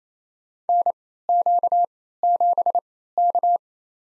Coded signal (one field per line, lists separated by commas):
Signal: Morse code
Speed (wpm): 27 wpm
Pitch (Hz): 700 Hz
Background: none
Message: NQ7K